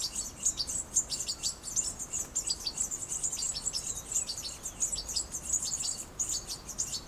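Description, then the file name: European goldfinch chattering in a fast, almost unbroken run of high, liquid twitters and chirps, with soft background hiss. "Carduelis carduelis"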